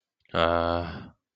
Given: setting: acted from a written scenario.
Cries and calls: vocal sound without words; sympathy

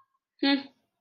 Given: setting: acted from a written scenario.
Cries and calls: vocal sound without words; contempt

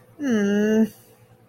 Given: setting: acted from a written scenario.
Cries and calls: vocal sound without words; embarrassment

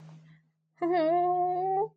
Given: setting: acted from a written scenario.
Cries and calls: vocal sound without words; shame

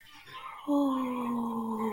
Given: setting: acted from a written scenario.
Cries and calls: vocal sound without words; awe

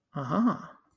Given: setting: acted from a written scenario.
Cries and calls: vocal sound without words; realization

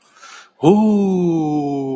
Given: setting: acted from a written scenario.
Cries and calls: vocal sound without words; positive surprise

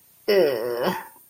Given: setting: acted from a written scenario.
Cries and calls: vocal sound without words; disgust

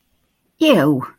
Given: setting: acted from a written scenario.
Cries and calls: vocal sound without words; disgust

